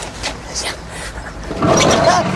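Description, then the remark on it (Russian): Some brief rattling and fiddling, then a motor scooter engine catches and runs with a loud, steady buzzing drone and a wavering mid-pitched whine. “Снова возится с мотороллером, заводит.”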